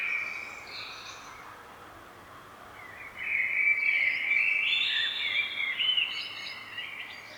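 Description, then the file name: Common blackbird song, a fainter phrase at first, then from about three seconds a louder warbled, twittering stretch over steady background hiss. "Turdus merula"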